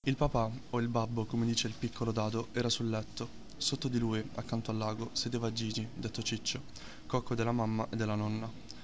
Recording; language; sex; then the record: read passage; Italian; male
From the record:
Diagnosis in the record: healthy control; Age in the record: 19 years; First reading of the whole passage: 38 s, 13.5 characters per second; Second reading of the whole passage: 40 s, 12.9 characters per second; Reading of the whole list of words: 43 s, 6.6 characters per second